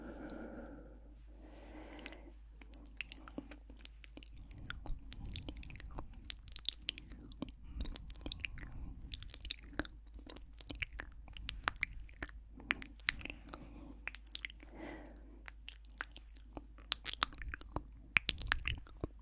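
Sensitive mouth sounds: wet clicks, smacks and crunchy chewing bites come in quick, irregular clusters through the whole stretch, crisp and bright. A soft voiced murmur or hum shows at the very start, and a faint low hum sits underneath.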